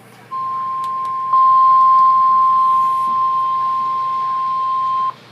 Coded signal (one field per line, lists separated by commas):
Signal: Emergency Alert System (SAME) tones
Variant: 1050 Hz attention tone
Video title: EAS# 111 Severe Thunderstorm Warning